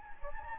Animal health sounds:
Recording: mosquito wingbeat signal from an infrared sensor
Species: Anopheles gambiae

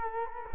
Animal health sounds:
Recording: mosquito wingbeat signal from an infrared sensor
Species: Culex quinquefasciatus

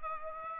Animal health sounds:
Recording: mosquito wingbeat signal from an infrared sensor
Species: Aedes aegypti

